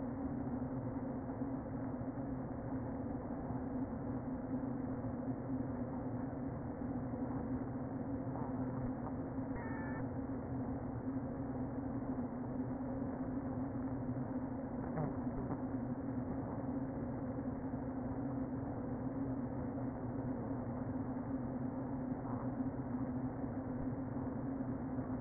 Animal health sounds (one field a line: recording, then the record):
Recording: honeybee colony, microphone inside the hive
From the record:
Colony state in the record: queen present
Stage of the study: before two queens were removed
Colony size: about 60,000 bees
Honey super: yes